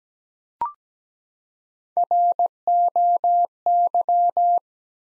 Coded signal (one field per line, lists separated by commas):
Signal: Morse code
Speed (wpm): 17 wpm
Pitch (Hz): 700 Hz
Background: none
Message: ROY